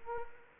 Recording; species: mosquito wingbeat signal from an infrared sensor; Culex quinquefasciatus